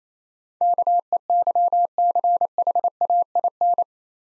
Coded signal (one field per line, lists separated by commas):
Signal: Morse code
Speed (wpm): 28 wpm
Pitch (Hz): 700 Hz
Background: none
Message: KEYCHAIN